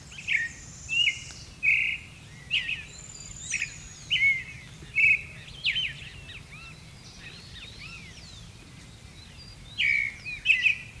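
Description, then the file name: Creamy-bellied thrush giving a run of short, slurred whistled notes in quick succession, pausing for a few seconds, then resuming. "Turdus amaurochalinus - Creamy-bellied Thrush"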